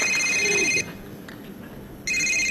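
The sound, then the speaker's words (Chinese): A phone ringtone for an incoming call from the speaker's father-in-law chirps in two bright electronic bursts, a steady high tone sounding for under a second, pausing for a beat, then starting again, with faint low murmur beneath. “哟，我岳父打电话来了，赶紧跟他老人家解释一下。”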